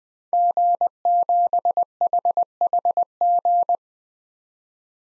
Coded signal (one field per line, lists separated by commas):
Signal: Morse code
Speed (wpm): 20 wpm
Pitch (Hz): 700 Hz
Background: none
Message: G7HHG